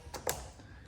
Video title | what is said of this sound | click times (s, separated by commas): How to - Vauxhall Mokka Air Filter - 1.6 CDTi Service & Air Box Removal refit tutorial | Give it a wiggle. You'll hear it click into place. | 0.3 s